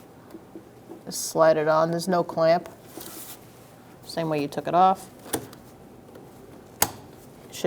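On a 2002-2006 Toyota Camry, a quick-connect on an evaporative emission hose is pushed onto the vapor canister port, with no clamp, the same way it came off. Someone talks, then a single sharp click at 6.8 seconds marks the connector seating into place.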